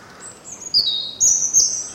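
Bird giving thin high whistled notes, quiet at first, then a few louder drawn-out phrases, over a quiet background.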